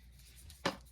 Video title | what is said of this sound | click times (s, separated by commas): Unboxing the F.A.T Wrench | you turn it, and then when it hits the amount of force, it clicks one over, and then you know | 0.7 s